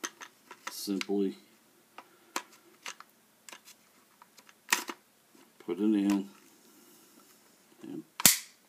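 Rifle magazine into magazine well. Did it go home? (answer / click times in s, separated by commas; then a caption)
yes / 8.2 s, 8.3 s. Someone talks while a steel AK-47 rifle magazine is rocked into the magazine well until the catch engages. A sharp double metallic click is heard at 8.2 s and 8.3 s, and the magazine is seated.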